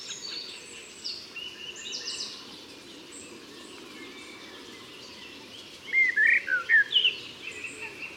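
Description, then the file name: Common blackbird gives a single short fluty warble near the end, after several seconds of faint high chirping. "Turdus merula"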